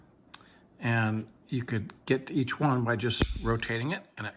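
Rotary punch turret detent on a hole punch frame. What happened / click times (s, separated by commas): The rotary detent clicked into position / 0.3 s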